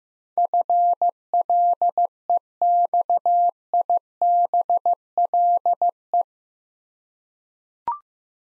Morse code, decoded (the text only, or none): FLEXIBLE